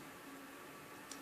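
A safety razor blade sits on the pin of a vintage Wilkinson Empire 7 day set blade holder, and the holder is twisted until it locks onto the razor frame. Over a steady hiss, a single soft tick at 1.1 seconds marks the holder locking in place.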